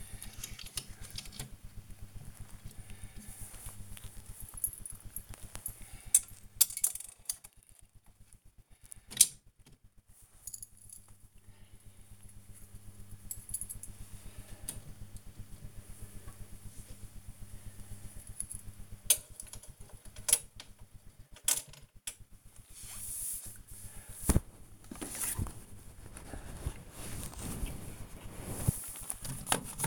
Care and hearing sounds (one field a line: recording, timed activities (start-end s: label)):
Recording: household activities, microphone on the right wrist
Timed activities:
0.00-29.86 s: dusting model cars